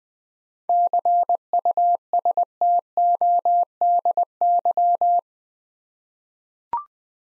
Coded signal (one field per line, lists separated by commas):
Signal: Morse code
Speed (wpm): 20 wpm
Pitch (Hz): 700 Hz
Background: none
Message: CUSTODY